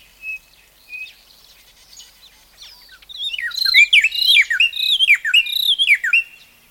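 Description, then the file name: Bird song: a few thin, isolated whistles, then a fast, busy run of high, varied chirps and slurred whistled notes for the final three seconds. "madar bbc"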